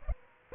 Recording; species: mosquito wingbeat signal from an infrared sensor; Aedes aegypti